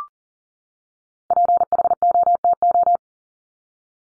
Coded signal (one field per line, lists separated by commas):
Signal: Morse code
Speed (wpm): 40 wpm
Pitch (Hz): 700 Hz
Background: none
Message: PHOTO